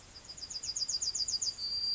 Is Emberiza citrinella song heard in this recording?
yes